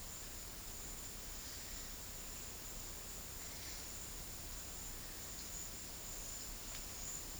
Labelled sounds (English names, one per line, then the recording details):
none
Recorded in dense forest near Puerto Asís, Putumayo, Colombia, on 19 February 2024 at 13:00
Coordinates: 0.481, -76.318
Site G6421